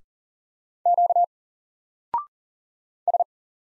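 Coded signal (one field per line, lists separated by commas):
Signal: Morse code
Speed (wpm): 40 wpm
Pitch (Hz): 700 Hz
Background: none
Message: Q S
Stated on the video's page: Morse practice at 40 wpm of single letters and numbers, each sent, spoken, then sent again for head-copy.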